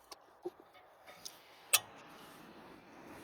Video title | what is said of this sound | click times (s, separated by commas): How to replace headlight bulbs on a 2020 Toyota Tundra. | little the side it'll it'll kind of just go in by itself can you hear it click | 0.1 s, 1.3 s